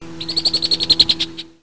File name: red wing blackbird